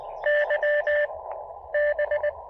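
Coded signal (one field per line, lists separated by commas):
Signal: Morse code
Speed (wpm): 20 wpm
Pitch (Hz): 600 Hz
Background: radio noise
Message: Y B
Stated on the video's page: QRP Morse code during a combined SOTA and POTA summit activation on 17 and 15 meters.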